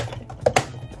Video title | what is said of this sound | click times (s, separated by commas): cXc G.I. Joe Classified Series HasLab DRAGONFLY XH-1 G.I. Joe Assault Copter Unboxing & Assembly | And it simply just snaps right into it. | 0.5 s, 0.6 s